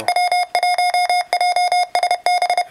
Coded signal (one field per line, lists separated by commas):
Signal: Morse code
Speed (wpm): 30 wpm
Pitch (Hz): 720 Hz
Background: none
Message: W1JSB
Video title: RadioSet-GO QRP transceivers - brief overview and demo by Hanz, W1JSB